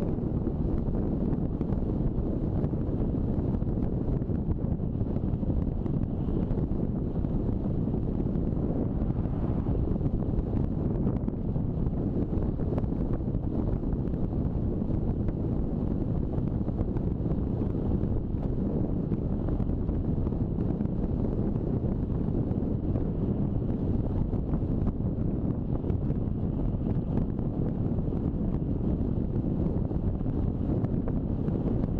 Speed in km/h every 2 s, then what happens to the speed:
42, 40, 39, 39, 39, 40, 41, 42, 42, 42, 42, 41, 40, 40, 39, 39.
0-32 steady at about 40.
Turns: none.